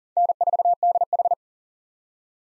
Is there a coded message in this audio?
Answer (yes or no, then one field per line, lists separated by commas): yes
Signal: Morse code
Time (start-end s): 0.2-1.3 s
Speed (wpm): 40 wpm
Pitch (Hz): 700 Hz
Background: none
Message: N4DH